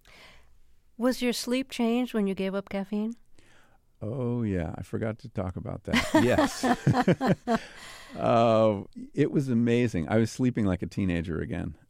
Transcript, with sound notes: Was your sleep changed when you gave up caffeine?
Oh, yeah. I forgot to talk about that, yes.
(LAUGHTER)
It was amazing. I was sleeping like a teenager again.